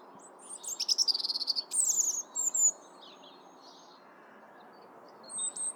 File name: Erithacus rubecula